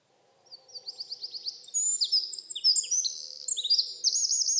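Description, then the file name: Eurasian wren song, a loud high jumble of quick twitters, sharp notes and short trills, ending in a rolling trill, with a faint low hum in the background. "Troglodytes troglodytes"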